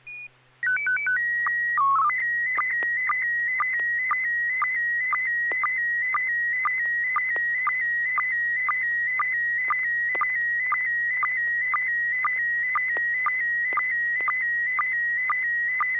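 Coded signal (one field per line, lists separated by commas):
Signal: SSTV (slow-scan television)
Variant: PD 120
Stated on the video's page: Weekly amateur SSTV net on a 441.300 MHz FM repeater, images exchanged using MMSSTV software.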